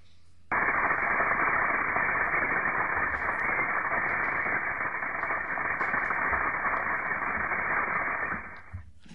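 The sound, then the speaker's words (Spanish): A simulation of how a volcanic eruption with flowing lava would sound in the Martian atmosphere: a dense, steady roaring hiss that cuts in abruptly, holds loud and unchanging for about eight seconds, then stops sharply. “Ahí estaríamos escuchando cómo sonaría una erupción y la lava corriendo en Marte.”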